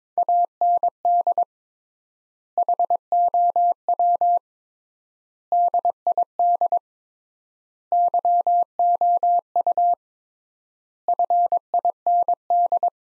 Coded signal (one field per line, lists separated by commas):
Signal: Morse code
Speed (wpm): 21 wpm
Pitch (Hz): 700 Hz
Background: none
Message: AND HOW DID YOU FIND